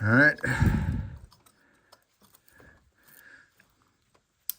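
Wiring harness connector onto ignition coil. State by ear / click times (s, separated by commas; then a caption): seated / 4.5 s. Someone talks briefly while working on a spark plug replacement on a 2013 Lexus GX460, followed by faint handling noises as the wiring harness's electrical connector is pushed onto an ignition coil. A sharp plastic click at 4.5 s confirms the connector has seated on the coil.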